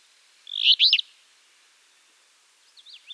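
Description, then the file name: Alder flycatcher giving a single short, burry, buzzy phrase, followed by faint high twittering from another bird near the end. "Empidonax alnorum - Alder Flycatcher"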